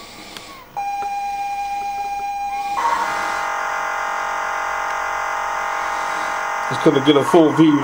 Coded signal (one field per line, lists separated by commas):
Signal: ZX Spectrum tape loading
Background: speech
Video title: retro sinclair zx spectrum + 2 computer review part one with twin turbo v8 music